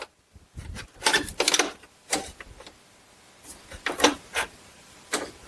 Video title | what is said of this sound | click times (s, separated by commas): How to Replace Transmission Cooler Lines on GM 4T65-E (Buick Lucerne, Grand Prix, Impala and more!) | our line through, and it should fit in there snugly, and you should hear it snap in place. | 1.5 s